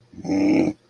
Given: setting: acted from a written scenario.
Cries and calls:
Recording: vocal sound without words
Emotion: anger

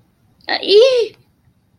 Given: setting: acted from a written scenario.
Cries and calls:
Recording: vocal sound without words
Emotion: contentment

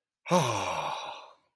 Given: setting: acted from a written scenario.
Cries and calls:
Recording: vocal sound without words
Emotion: relief

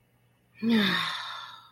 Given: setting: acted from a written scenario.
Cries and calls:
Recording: vocal sound without words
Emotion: serenity

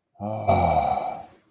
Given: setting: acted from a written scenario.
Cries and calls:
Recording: vocal sound without words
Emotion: relief

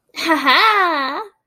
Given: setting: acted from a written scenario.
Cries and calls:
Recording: vocal sound without words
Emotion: triumph

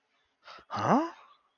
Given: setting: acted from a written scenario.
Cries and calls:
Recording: vocal sound without words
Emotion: confusion

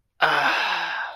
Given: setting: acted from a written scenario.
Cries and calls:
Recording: vocal sound without words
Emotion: contentment

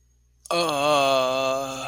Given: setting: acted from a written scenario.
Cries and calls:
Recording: vocal sound without words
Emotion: romantic love

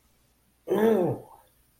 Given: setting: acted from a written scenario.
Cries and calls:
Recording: vocal sound without words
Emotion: disappointment

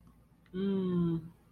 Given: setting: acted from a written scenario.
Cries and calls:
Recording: vocal sound without words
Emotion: desire

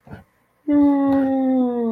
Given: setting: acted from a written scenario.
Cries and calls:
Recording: vocal sound without words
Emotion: awe

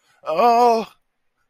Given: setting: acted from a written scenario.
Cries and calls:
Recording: vocal sound without words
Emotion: distress

